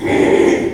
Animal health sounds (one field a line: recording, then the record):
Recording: squeal of a Yucatan mini pig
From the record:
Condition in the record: after surgery on the right vocal fold (resection and tissue-engineered implant)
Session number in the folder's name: 4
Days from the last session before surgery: 42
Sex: male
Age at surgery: 12 weeks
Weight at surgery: 13 kg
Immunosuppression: cyclosporine, prednisolone